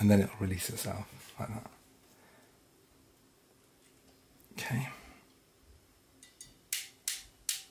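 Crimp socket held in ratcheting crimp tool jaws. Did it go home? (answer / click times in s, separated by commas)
yes / 6.7 s, 7.1 s, 7.5 s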